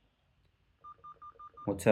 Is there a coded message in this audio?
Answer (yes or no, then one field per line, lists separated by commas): no